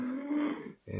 KNOCKED OUT on the couch. Snoring in the background.